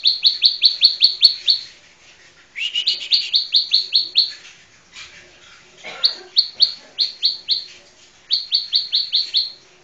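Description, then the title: Bar-winged prinia song: four runs of rapid, high chipping notes separated by short pauses. "Suara Burung Ciblek"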